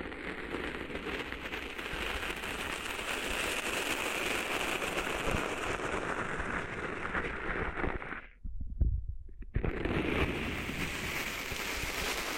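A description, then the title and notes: Sand is being cleaned out of an ear, a dense, steady crackling and scratching that fills the sound like rain on a surface. Around eight seconds the hiss cuts out for over a second, leaving only low muffled thumps, then the crackling returns. ASMR Cleaning Sand Out of Your Ears (No Talking).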